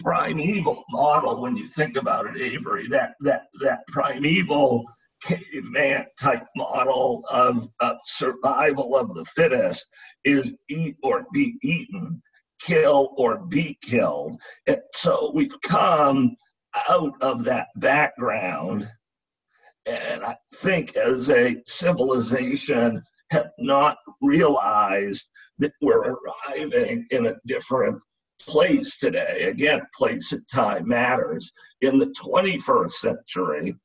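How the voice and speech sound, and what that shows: Adult man speaking with spasmodic dysphonia, a rare neurological speaking disorder that makes communicating difficult, with partial loss of voice. Speech is broken by frequent pauses, with prolonged and effortful sounds and strained, rough voicing.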